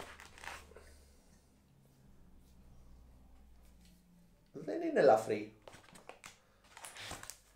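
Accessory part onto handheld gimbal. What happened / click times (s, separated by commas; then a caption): The part is being handled and has not seated yet / none. During the unboxing of a DJI Ronin-S handheld gimbal, someone talks while handling an accessory part that is being attached onto the gimbal. Crinkling and rustling handling noise builds to a loud burst around 4.6–5.3 s, followed by a few small taps and knocks toward the end. Nothing has seated or clicked yet.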